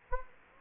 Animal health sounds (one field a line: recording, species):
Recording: mosquito wingbeat signal from an infrared sensor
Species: Anopheles gambiae